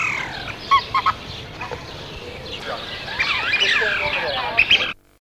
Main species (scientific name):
Anas sibilatrix